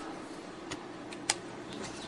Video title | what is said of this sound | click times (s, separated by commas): ML 92827883 | hear it clicking into place | 1.3 s